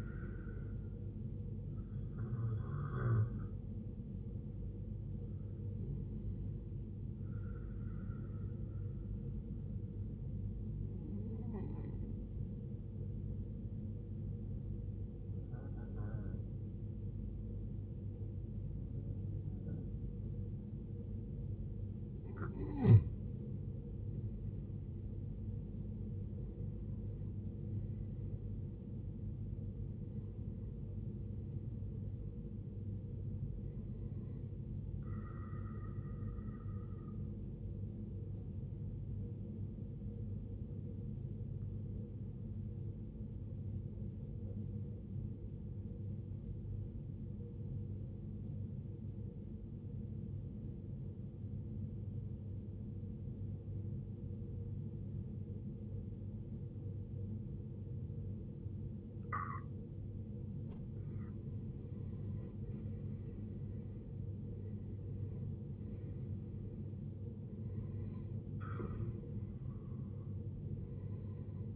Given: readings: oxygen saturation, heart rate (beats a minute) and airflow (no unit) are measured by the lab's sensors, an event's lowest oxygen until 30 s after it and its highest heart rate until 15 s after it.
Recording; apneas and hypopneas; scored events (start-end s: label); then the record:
breathing in sleep by a smartphone at the bedside; 1
47.00-62.40 s: obstructive apnea (REM, oxygen 95% highest, then 91% lowest, heart rate 63 at the start, 71 highest)
From the record:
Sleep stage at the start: REM sleep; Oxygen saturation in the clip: 92 to 95%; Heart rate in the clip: 61 to 71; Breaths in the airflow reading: 8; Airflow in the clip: -13.3 to 14.5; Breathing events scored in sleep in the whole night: 389 in 6.3 hours asleep